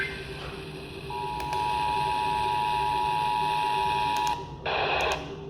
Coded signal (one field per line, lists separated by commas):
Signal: Emergency Alert System (SAME) tones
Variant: 853 and 960 Hz attention tone